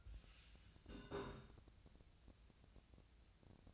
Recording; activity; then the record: daily activity, microphone in the room; take from stove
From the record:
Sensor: 2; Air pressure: 1009.8 hPa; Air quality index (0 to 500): 180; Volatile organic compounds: 10 ppm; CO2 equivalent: 2254 ppm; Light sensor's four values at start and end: 32/79/34/38 and 32/79/34/38